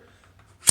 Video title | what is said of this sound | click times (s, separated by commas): How to change a headset on a vintage road bike. What tools to use? | pull it down until it clicks | 0.7 s